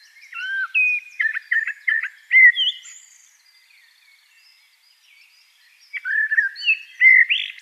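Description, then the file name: Eurasian blackbird song: rapid fluted and chuckling notes with high squeaky flourishes, a quiet gap of about three seconds, then another warbled phrase. "Turdus merula"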